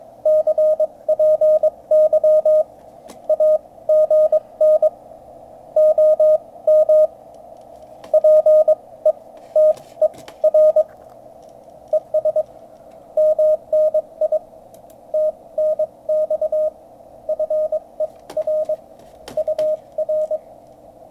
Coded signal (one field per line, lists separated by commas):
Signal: Morse code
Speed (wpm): 22 wpm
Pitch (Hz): 620 Hz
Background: radio noise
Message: CPY AGN OM PETER ES MNI TNX FER UR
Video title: 17M QSO G4ISJ - OH7LRJ